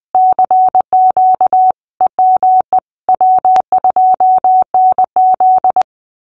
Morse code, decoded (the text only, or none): CQ EME W2NZ